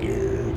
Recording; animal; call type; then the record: contact call of a hoofed animal; pig; closed-mouth grunt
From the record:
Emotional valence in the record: negative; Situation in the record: short social isolation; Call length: 0.57 s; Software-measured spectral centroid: 1480 Hz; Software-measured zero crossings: 800 a second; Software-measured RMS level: -24 dBFS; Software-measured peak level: -14 dBFS